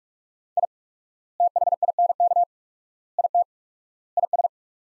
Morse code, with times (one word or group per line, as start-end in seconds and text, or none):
0.6-0.7 I
1.4-2.4 THINK
3.2-3.4 IT
4.2-4.5 IS